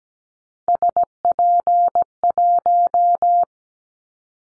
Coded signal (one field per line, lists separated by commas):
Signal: Morse code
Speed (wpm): 17 wpm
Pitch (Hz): 700 Hz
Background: none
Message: SP1